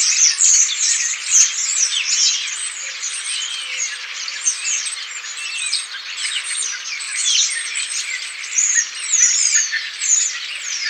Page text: Common Starling Flock Calls and Songs. Quick Sounds